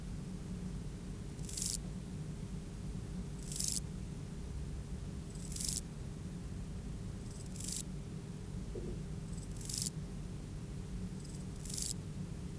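Euchorthippus pulvinatus grasshopper singing brief dry rasping bursts, six of them spaced roughly two seconds apart, with a constant low background hum.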